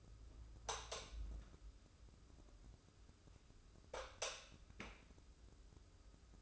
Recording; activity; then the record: daily activity, microphone in the room; light off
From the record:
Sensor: 2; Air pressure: 995.2 hPa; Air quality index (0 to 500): 69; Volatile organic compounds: 2 ppm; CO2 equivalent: 1194 ppm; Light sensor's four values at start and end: 12/36/14/14 and 8/18/7/8